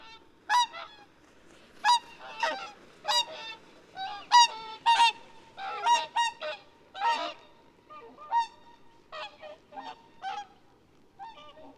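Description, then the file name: Swan flight calls: a series of loud, nasal, bugling honks, repeated every half second to second, with quieter honks between. "wswan-FL-FC berenbrock"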